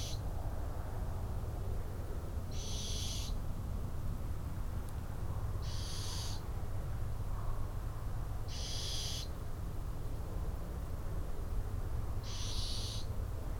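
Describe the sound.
Barn owl producing four hoarse, hissing shrieks at regular intervals of about three seconds, against a continuous low droning noise.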